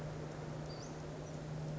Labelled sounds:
Western Flycatcher
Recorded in Sonoma County, California

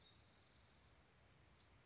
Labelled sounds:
Spotted Towhee
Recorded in Sonoma County, California

